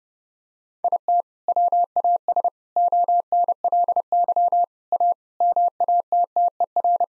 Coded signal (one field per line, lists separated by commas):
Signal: Morse code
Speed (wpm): 32 wpm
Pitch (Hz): 700 Hz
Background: none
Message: IT WAS ONLY A MATTER